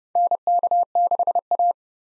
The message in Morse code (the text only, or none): NK6A